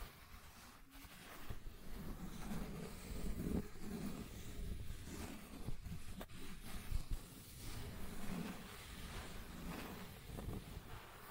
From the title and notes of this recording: ASMR 1 Hour Scratching and Tracing Sounds (No Talking).